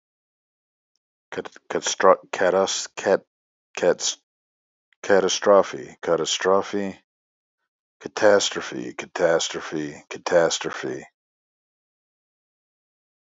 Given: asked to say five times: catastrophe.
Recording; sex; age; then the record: repeated word; male; 40 to 49 years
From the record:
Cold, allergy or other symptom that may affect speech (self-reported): no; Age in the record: 44 years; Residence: Texas, United States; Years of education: 12